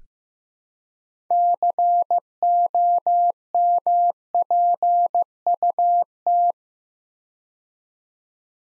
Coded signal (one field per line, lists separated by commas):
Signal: Morse code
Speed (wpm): 15 wpm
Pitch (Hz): 700 Hz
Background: none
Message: COMPUT